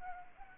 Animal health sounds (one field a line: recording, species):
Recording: mosquito wingbeat signal from an infrared sensor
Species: Anopheles gambiae